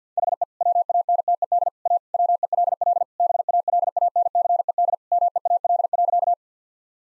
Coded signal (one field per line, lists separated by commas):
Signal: Morse code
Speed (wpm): 50 wpm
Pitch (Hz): 700 Hz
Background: none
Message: HE WANTED A WELL BALANCED MEAL.